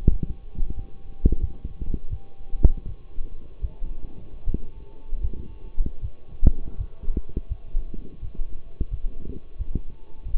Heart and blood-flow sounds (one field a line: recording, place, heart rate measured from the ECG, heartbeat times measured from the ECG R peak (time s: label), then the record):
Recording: heart sounds by stethoscope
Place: between the tricuspid and mitral areas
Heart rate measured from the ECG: 83 bpm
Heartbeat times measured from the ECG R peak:
0.09 s: heartbeat
0.75 s: heartbeat
1.40 s: heartbeat
2.09 s: heartbeat
2.85 s: heartbeat
3.61 s: heartbeat
4.44 s: heartbeat
5.21 s: heartbeat
6.01 s: heartbeat
6.77 s: heartbeat
7.48 s: heartbeat
8.20 s: heartbeat
8.90 s: heartbeat
9.57 s: heartbeat
10.25 s: heartbeat
From the record:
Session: walking at 3.7 km/h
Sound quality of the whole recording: partially saturated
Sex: male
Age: 24 years